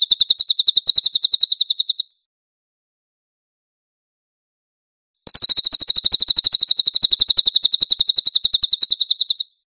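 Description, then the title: Cililin song: a fast, high, buzzing trill that ends, followed by a three-second silence and a second trill of roughly four seconds. Master (tutor) song of the cililin, clear audio. "MASTER SANGAT BAGUS SUARA BURUNG CILILIN, AUDIO JERNIH"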